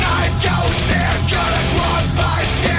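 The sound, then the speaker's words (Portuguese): Loud, sustained high-pitched screaming by a man in a song played from a recording, piercing and continuous over a dense, noisy musical backing for about three seconds, with no speech. “Esse agudo aí foi foda, hein? Muito chato, pelo amor de Deus.”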